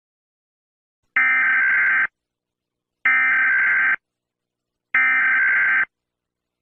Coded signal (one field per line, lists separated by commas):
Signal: Emergency Alert System (SAME) tones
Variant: header bursts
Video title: 🌈🎨 | Demodogs: A Stranger Things EAS scenario #3